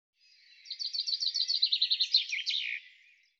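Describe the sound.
Bird song, a high trill that swells from quiet, ending in a louder, tumbling flourish.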